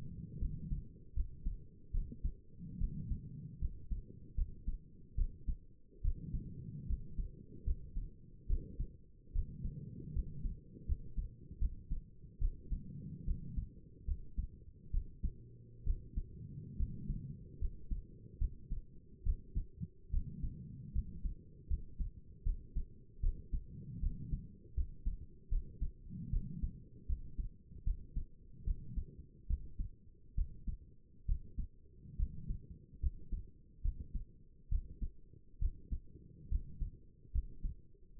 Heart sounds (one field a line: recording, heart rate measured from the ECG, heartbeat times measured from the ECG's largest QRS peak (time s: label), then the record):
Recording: heart sounds by stethoscope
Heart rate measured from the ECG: 73 bpm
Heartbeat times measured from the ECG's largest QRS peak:
0.40 s: heartbeat
1.15 s: heartbeat
1.93 s: heartbeat
2.79 s: heartbeat
3.60 s: heartbeat
4.36 s: heartbeat
5.17 s: heartbeat
6.03 s: heartbeat
6.88 s: heartbeat
7.65 s: heartbeat
8.48 s: heartbeat
9.34 s: heartbeat
10.14 s: heartbeat
10.87 s: heartbeat
11.60 s: heartbeat
12.40 s: heartbeat
13.26 s: heartbeat
14.06 s: heartbeat
14.92 s: heartbeat
15.85 s: heartbeat
16.78 s: heartbeat
17.60 s: heartbeat
18.40 s: heartbeat
19.25 s: heartbeat
20.12 s: heartbeat
20.94 s: heartbeat
21.69 s: heartbeat
22.45 s: heartbeat
23.22 s: heartbeat
24.01 s: heartbeat
24.76 s: heartbeat
25.50 s: heartbeat
26.31 s: heartbeat
27.08 s: heartbeat
27.85 s: heartbeat
28.66 s: heartbeat
29.48 s: heartbeat
30.36 s: heartbeat
31.27 s: heartbeat
32.18 s: heartbeat
33.01 s: heartbeat
33.83 s: heartbeat
34.70 s: heartbeat
35.60 s: heartbeat
36.50 s: heartbeat
37.33 s: heartbeat
38.18 s: heartbeat
From the record:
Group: healthy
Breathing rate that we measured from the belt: 17 breaths a minute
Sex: female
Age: 22 years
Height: 163 cm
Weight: 67.1 kg